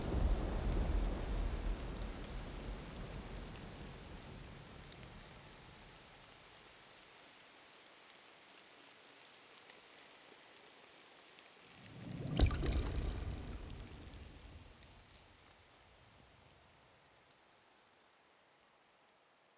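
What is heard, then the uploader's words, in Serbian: Rain falls through a night forest, a steady hiss with a low rumble that fades over the first seven seconds. Around twelve seconds a sharp crack and a swelling roll, likely thunder, rise and then die away slowly as the rain continues. Киша ноћна шума.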